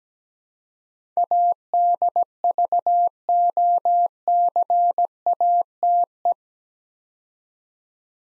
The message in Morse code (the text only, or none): ADVOCATE